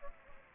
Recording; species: mosquito wingbeat signal from an infrared sensor; Aedes aegypti